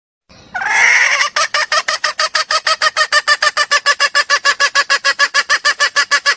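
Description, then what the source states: Junglefowl opens with a drawn-out, harsh squawk, then breaks into a long run of quick, coarse clucks. Female junglefowl calling to ask to mate.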